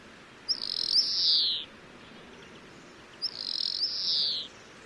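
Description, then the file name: European greenfinch calling with a pair of drawn-out, rasping wheezes that fall gently in pitch, separated by a pause of about one and a half seconds, with steady low background noise. "Chloris chloris"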